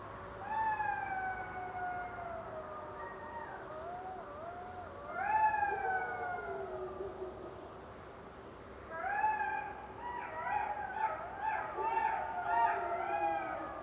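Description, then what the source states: Golden jackals howling: long wavering descending wails overlapping, then a chorus of yipping, quavering cries from several animals together. Pack of golden jackals howling about 200 meters from a house near a forest at 10 p.m., their usual calling time; recorded after three years of trying.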